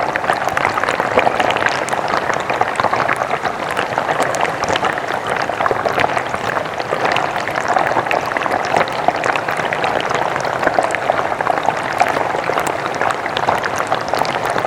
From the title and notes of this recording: Tranquil rushing water with ambient white noise mixed. Recorded in the field and then creative mixed with relaxing elements.